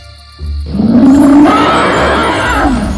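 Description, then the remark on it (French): A dragon in a cave, on seeing two men, gives one loud, sustained roar, a deep growl rising into a rough, rumbling bellow that holds for a couple of seconds before trailing off. “Voyant les deux hommes, il rugit bruyamment.”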